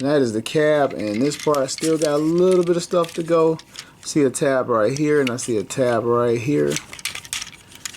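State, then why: Seated. Someone talks for most of the clip while handling a Transformers Siege Voyager Class Optimus Prime plastic action figure, then pushes two plastic tabs into their slots on the toy's truck cab. A burst of small clicks follows, with the sharpest plastic snap at 7.3 s as the tabs seat.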